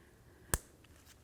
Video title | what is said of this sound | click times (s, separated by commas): How To Replace Rear Brakes 2012-2019 BMW 328i | listen for a nice click give it a little tug you want to make sure it's nice and secure | 0.5 s